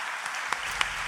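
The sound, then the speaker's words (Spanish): Audience applause at a blues festival for the bands that played earlier, a steady crackling wash of many hands clapping, with a few sharper claps popping out above it, fairly soft throughout. “Quiero pedir un aplauso fuerte para las bandas que tocaron antes.”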